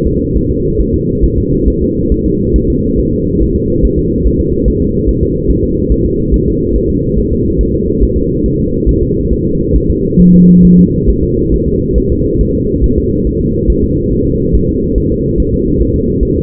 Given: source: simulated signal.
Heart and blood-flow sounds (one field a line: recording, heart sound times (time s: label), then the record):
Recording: fetal heart sounds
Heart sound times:
0.07 s: S2
0.37 s: S1
0.51 s: S2
0.81 s: S1
0.95 s: S2
1.24 s: S1
1.38 s: S2
1.68 s: S1
1.82 s: S2
2.12 s: S1
2.26 s: S2
2.56 s: S1
2.70 s: S2
3.00 s: S1
3.13 s: S2
3.42 s: S1
3.56 s: S2
3.85 s: S1
3.99 s: S2
4.27 s: S1
4.41 s: S2
4.68 s: S1
4.82 s: S2
5.09 s: S1
5.23 s: S2
5.51 s: S1
5.65 s: S2
5.92 s: S1
6.06 s: S2
6.34 s: S1
6.48 s: S2
6.76 s: S1
6.90 s: S2
7.19 s: S1
7.33 s: S2
7.61 s: S1
7.75 s: S2
8.03 s: S1
8.17 s: S2
8.46 s: S1
8.60 s: S2
8.89 s: S1
9.03 s: S2
9.33 s: S1
9.47 s: S2
9.76 s: S1
9.90 s: S2
10.20 s: S1
10.34 s: S2
10.65 s: S1
10.79 s: S2
11.09 s: S1
11.23 s: S2
11.54 s: S1
11.68 s: S2
11.98 s: S1
12.12 s: S2
12.41 s: S1
12.55 s: S2
12.84 s: S1
12.98 s: S2
13.27 s: S1
13.41 s: S2
13.70 s: S1
13.84 s: S2
14.13 s: S1
14.27 s: S2
14.55 s: S1
14.69 s: S2
14.98 s: S1
15.12 s: S2
15.40 s: S1
15.54 s: S2
15.82 s: S1
15.96 s: S2
16.23 s: S1
16.37 s: S2
From the record:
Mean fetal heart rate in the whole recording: 140 bpm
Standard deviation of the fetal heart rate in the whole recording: 2 bpm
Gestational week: 34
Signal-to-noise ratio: -10.2 dB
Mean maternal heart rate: 72 bpm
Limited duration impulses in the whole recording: present